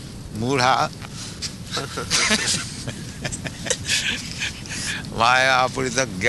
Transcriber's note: laughter